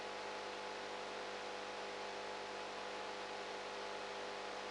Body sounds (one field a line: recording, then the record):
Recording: brain microelectrode recording played as sound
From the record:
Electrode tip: outside the subthalamic nucleus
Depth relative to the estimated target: -8 mm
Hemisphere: right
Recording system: NeuroSet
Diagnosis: Parkinson's disease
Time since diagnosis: 19 years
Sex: female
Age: 58 years